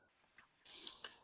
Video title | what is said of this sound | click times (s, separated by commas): Recensione del GIRIAITUS Regalo Uomo Coltello Multiuso 17in1 Attrezzatura Campeggio Accessori Utili, | And again, saw blade locks. | 0.4 s